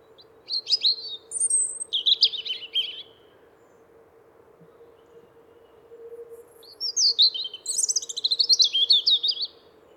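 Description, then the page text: European robin song: two bursts of high, thin warbled and trilled notes with short whistles, separated by a quiet pause, over a steady low hum. "Голоса живой природы - Зарянка (малиновка)"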